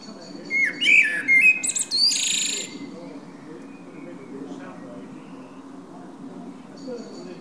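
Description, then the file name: Common blackbird song phrase: a low fluted warble sliding around mid pitch, then a burst of high squeaky twittering, followed by quiet with faint later twitters. "Turdus merula"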